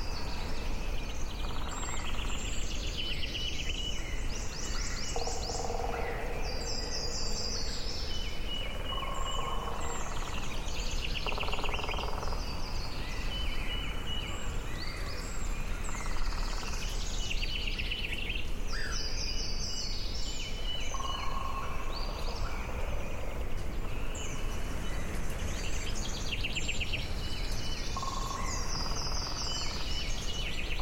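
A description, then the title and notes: Birds chirp and trill throughout over a steady hiss of rustling leaves, with several overlapping calls, some high and rapid, others lower and brief. Peaceful sounds of a summer forest. Birds chirping and leaves rustling.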